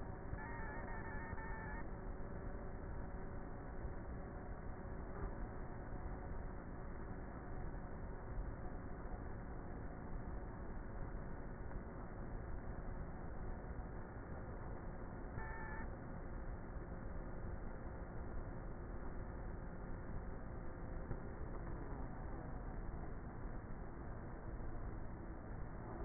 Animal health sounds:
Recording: honeybee colony, microphone inside the hive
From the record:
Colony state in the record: queenless with a low population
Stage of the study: before two queens were removed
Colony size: about 30,000 bees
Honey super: no

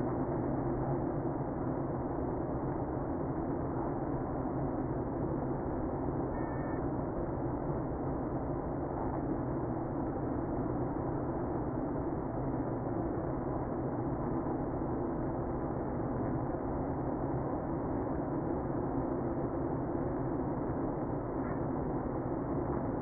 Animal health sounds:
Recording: honeybee colony, microphone inside the hive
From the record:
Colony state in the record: queenless (queen removed)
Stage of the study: after two queens were removed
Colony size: about 60,000 bees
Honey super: yes

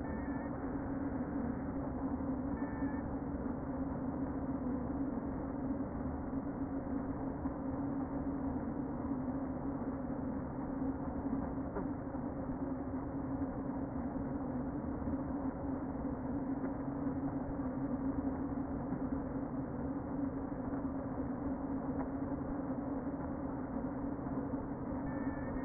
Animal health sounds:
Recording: honeybee colony, microphone inside the hive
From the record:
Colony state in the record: queen present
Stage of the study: before two queens were removed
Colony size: about 60,000 bees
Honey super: yes

